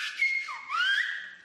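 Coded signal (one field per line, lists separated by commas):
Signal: whistled language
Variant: Silbo Gomero, French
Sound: a brief whistle that holds steady, dips low, then glides upward like a syllable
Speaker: Incroyable. Espagnol ou français, le langage sifflé fonctionne de la même manière.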